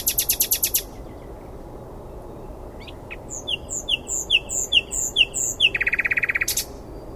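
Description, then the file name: Common nightingale song with a fast rattling opening, silence, a series of repeated whistled notes, then a quick trill. "Luscinia megarhynchos"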